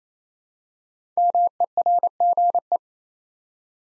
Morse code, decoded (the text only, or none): MERGE